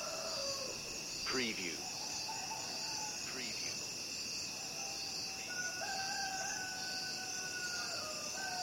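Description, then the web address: Crickets trilling in a steady, shrill, unbroken chorus, with short swooping calls from another animal near the start and long, even tones later on. Recorded at night. "the sound pack tree. night crickets"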